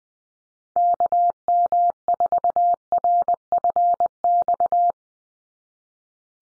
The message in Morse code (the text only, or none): KM4RFX